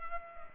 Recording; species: mosquito wingbeat signal from an infrared sensor; Culex pipiens